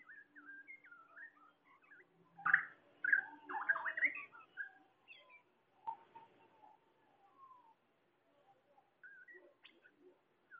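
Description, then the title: Bird song in bursts of chirps and twitters, loudest in the middle, with quieter notes between. "SuaraBurung Kicau"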